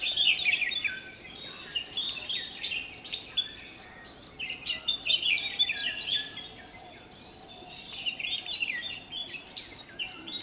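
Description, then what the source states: Bulbuls calling together in a lively chatter of short chirps and bubbly whistled notes, overlapping and irregular, rising and falling in loudness over a faint steady background hum. Several bulbuls, described as cheery.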